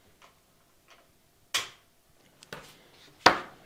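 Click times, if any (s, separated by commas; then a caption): none. A mechanical key switch is pressed into a corner of the metal plate of a KBDFans TOFU 65 keyboard to pin the plate down. Faint taps at about 0.2 and 0.9 s are followed by sharper knocks near 1.5, 2.5 and 3.3 s, the last being the loudest. The switch has not clicked or latched into the plate.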